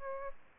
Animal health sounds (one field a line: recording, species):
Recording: mosquito wingbeat signal from an infrared sensor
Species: Aedes albopictus